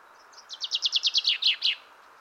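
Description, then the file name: Common chaffinch song: a cheerful run of evenly spaced, falling notes growing louder and closing with a brief emphatic flourish. "Fringilla coelebs"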